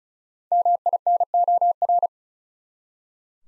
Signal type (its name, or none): Morse code